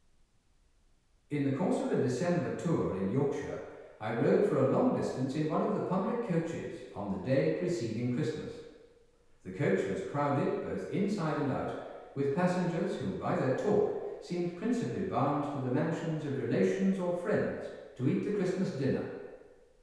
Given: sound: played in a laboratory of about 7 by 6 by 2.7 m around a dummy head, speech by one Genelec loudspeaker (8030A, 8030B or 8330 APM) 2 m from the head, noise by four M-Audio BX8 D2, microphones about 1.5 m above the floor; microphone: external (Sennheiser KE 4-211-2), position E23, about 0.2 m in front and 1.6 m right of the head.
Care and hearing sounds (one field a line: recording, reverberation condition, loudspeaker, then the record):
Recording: male speech in English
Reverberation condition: high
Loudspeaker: 150 degrees to the left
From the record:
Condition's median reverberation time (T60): about 1300 ms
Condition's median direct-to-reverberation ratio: about -4.0 dB